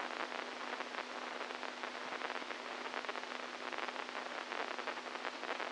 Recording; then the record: brain microelectrode recording played as sound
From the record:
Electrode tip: inside the subthalamic nucleus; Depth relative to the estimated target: -4 mm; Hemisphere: right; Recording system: NeuroSet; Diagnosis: Parkinson's disease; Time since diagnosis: 10 years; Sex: male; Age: 65 years